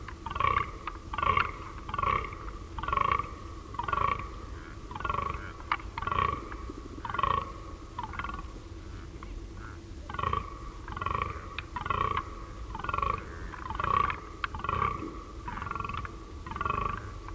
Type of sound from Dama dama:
call